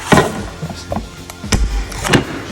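A plastic bracket screwed to a kitchen kick plate is pushed onto a cabinet leg, with some fumbling knocks and taps before it clicks into place at about 1.5 s, over soft background music. The clip is seated on the leg to hold the kick plate in place.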